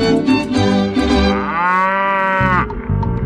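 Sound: cow mooing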